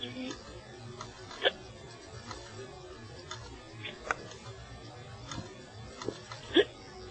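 About four sharp, abrupt hiccups from an adult over seven seconds, spaced irregularly against quiet room noise.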